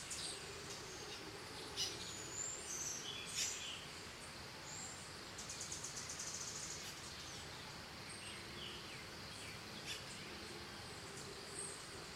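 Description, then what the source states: Birds calling, brief high chirps and slurred notes in loose bursts, over a constant high hiss of background insects. Morning in Costa Rica, with crickets.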